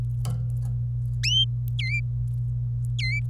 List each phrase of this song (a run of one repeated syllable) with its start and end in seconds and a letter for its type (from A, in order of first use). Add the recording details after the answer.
1.23-1.44 A, 1.79-2.00 B, 2.99-3.19 B. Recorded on 25 April 2018 at 18:18. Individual llb3